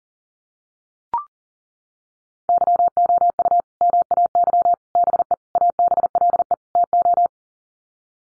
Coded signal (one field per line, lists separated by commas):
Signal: Morse code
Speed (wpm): 40 wpm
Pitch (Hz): 700 Hz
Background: none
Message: YOU MAY BE ABLE TO